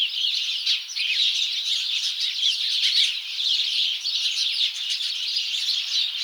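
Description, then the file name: House sparrows chirping and squabbling together, a thick steady wash of harsh chirps and squawky notes. "Passer domesticus"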